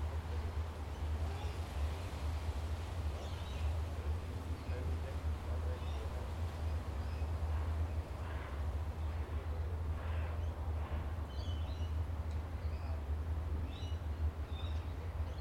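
Outside overlooking Tamarama Beach near Bondi, a steady low rumble of surf and traffic persists, with faint chirping bird calls scattered throughout.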